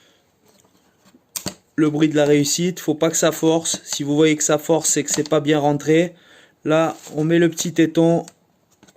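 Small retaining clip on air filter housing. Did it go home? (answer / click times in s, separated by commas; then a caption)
no / none. A small retaining clip is handled on the air filter housing while a racing air filter is fitted to a 2012 BMW S1000RR. Someone talks through most of the clip, with a brief sharp handling sound near 1.5 s. Nothing has seated or clicked into place yet.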